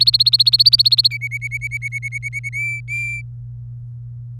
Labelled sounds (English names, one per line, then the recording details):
Domestic Canary song
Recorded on 24 April 2018 at 17:18
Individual llb3